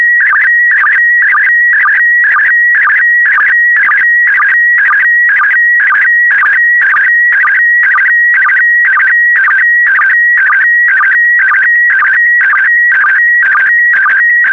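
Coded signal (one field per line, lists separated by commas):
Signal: SSTV (slow-scan television)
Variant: PD120 mode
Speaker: the next image transmission will start in 10 seconds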